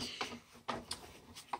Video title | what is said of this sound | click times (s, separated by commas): Kirby avalir vacuum demo | make sure this clicks into place no | 0.7 s